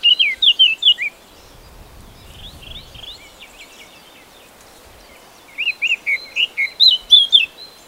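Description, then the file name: Eurasian blackcap song: two loud bursts of fast warbling notes, one at the start and another near the end, with fainter notes in between. "Sylvia atricapilla"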